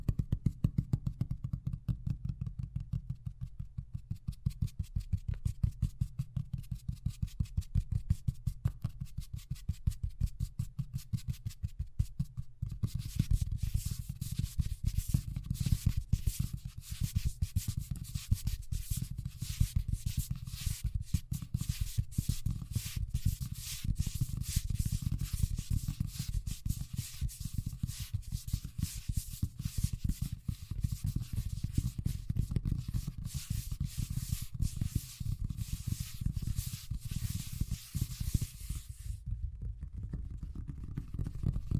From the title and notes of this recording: ASMR Braingasm Inducing Fast Tapping (No Talking).